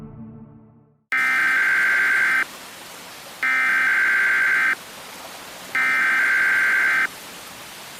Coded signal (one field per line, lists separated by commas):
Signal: Emergency Alert System (SAME) tones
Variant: header bursts